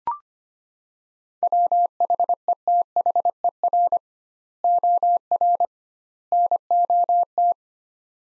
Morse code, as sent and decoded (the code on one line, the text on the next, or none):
.-- .... . - .... . .-. / --- .-. / -. --- -
WHETHER OR NOT